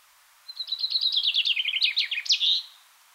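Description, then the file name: Common chaffinch song: a bright, fast descending series of chipping notes ending in a short emphatic flourish, lasting about two seconds, with a quiet background. "Fringilla coelebs"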